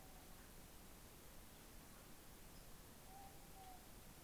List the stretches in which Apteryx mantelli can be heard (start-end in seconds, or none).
none